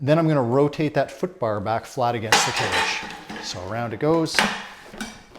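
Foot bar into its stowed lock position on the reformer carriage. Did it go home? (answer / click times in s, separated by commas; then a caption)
yes / 5.0 s. Someone talks while the metal foot bar of a Fortus Pilates Aluminum Elite Studio Folding Reformer is rotated back flat against the carriage into its stowed position. A sharp click is heard at 5.0 s as the foot bar locks into place, followed by a faint tap.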